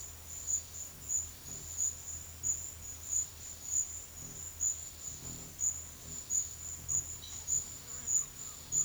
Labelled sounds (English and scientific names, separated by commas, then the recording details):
none
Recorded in secondary vegetation near Puerto Asís, Putumayo, Colombia, on 25 June 2025 at 12:30
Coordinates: 0.500, -76.326
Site GP08